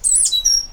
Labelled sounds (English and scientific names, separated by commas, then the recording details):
Stitchbird (Notiomystis cincta) song
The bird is a male
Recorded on Tiritiri Matangi Island, New Zealand, in 2005
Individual 8, of nest box 10